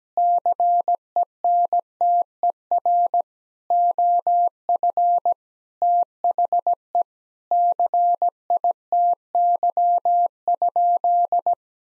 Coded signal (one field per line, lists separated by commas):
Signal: Morse code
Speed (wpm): 17 wpm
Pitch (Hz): 700 Hz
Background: none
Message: CENTER OF THE CITY?